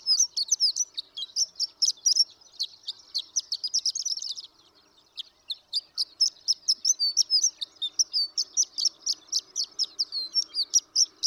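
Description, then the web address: Horned lark singing a long, fast series of high, thin chips and tinkling notes, broken by a short gap, then continuing in quick repeated bursts. "birdsongforthecurious Horned Lark"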